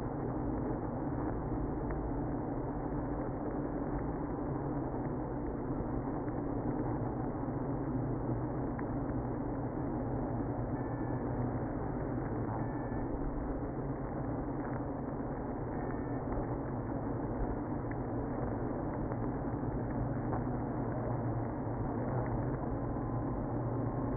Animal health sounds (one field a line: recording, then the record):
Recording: honeybee colony, microphone inside the hive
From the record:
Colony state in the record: queenless (queen removed)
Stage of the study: after two queens were removed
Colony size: about 60,000 bees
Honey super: yes